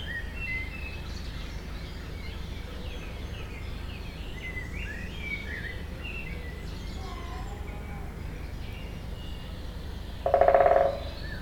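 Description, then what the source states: Woodpecker drumming, a short rapid roll heard near the end after a stretch of soft chirps and twittering from other birds. Binaural recording.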